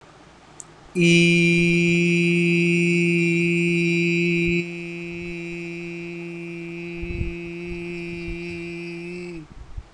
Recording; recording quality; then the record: sustained vowel as in beet; excellent, no background noise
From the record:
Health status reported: healthy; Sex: male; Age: 31 years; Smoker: yes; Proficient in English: yes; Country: India